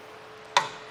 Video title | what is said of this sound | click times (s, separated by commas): Does it Fit? Testing the RockyMounts GuideRail Bike Rack for 2 Bikes on a 2023 Kia Sorento | so it locks into place | 0.6 s